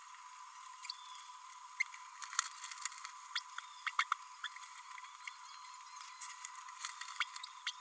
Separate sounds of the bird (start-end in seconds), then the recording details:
1.80-1.83, 3.35-3.40, 3.86-3.92, 3.98-4.04, 4.44-4.47, 7.20-7.24, 7.66-7.71. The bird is a male. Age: 29 days. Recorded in a nest box in Venezuela. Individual 17B32A6